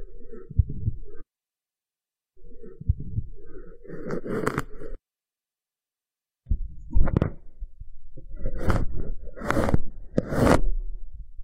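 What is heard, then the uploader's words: Ear picking and ear massage, heard as close rubbing and scraping with muffled low thumps. Sound comes in bursts with two full silences, around 1–2 s and 5–6.5 s. Sharp crackling scratches flare up near 4.5 s and repeatedly from 8.5 to 10.5 s. Ear picking and ear massage, experience instant sleep.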